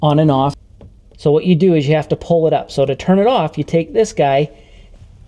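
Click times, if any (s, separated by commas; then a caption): none. Someone talks while taking hold of a stiff, newer-style push-pull shutoff valve on an under-sink water supply line, about to pull it up to turn off the water for replacing Brondell Coral under-sink water filters. The valve has not clicked into the off position yet.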